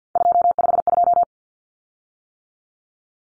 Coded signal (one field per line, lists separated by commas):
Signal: Morse code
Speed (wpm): 50 wpm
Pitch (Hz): 700 Hz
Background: none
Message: 252